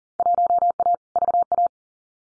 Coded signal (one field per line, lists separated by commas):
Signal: Morse code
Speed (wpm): 40 wpm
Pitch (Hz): 700 Hz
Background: none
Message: 1A VA